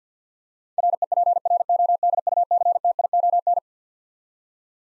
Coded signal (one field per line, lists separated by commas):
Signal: Morse code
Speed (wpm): 46 wpm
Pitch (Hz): 700 Hz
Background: none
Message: REPRODUCTION